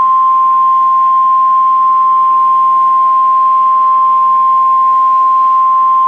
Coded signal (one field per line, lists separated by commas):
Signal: Emergency Alert System (SAME) tones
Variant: 1050 Hz attention tone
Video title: NOAA EAS MOCK TORNADO WARNING 4/15/21 (WISCONSIN STATEWIDE TORNADO DRILL 2021)